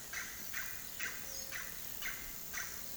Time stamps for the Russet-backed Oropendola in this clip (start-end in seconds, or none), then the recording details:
0.00-2.82. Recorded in pastures near Puerto Asís, Putumayo, Colombia, on 19 February 2024 at 10:00. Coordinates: 0.466, -76.323. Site G6384